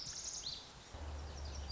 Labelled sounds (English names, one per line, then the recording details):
Lazuli Bunting
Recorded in Sonoma County, California